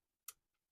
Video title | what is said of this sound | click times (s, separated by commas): How to fix Epson ET 8550 Error Code 031002 (Printhead FFC Cable Replacement) | Heard it. So, I just uncclicked it. | 0.3 s